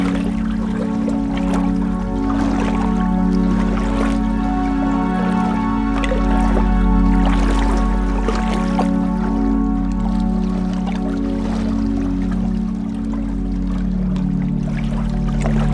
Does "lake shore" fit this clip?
yes